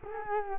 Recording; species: mosquito wingbeat signal from an infrared sensor; Culex quinquefasciatus